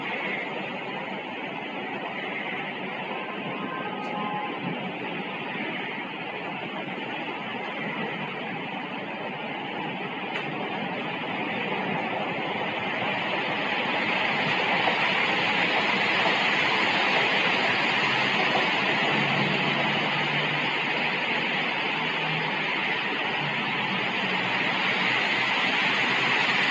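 Steady rain falls in a dense, even hiss that fills the scene from low patter to bright spray. Around the middle it grows slightly heavier and stays that way, with a few faint clicks early on and no other clear sounds.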